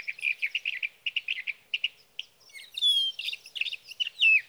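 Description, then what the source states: Sage thrasher song, rapid repeated chirping phrases followed by a burst of sweeping whistles and buzzy warbles. Male singing through the night near his night roost, evening of June 12 to morning of June 15, 2018, Sierra Valley, California; Swift recorder.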